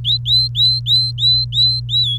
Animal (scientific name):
Serinus canaria